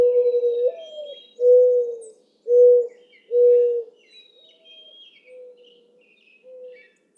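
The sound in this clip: Mourning dove coo series: an upslurred note then three loud hoots, followed by softer fainter coos, while other birds whistle and chip high above.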